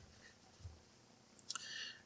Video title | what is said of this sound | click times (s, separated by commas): A Taurus Hand Cannon | then the bulb drops back in and the hand pushes at home everything clicks into place nice and tight and | 1.4 s, 1.5 s